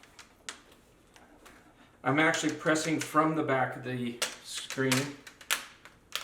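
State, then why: Seated. Someone presses the plastic bezel of a replacement screen on an MSI GE62 laptop from the back with one hand, and its clips snap into the display lid. Faint taps come first, then someone talks, and sharp plastic snaps sound at 5.5 s and 6.2 s. The bezel is confirmed fully snapped in place.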